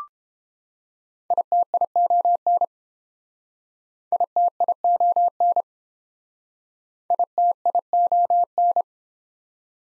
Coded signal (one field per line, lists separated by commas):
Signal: Morse code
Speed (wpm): 32 wpm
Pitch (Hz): 700 Hz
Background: none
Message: ITION ITION ITION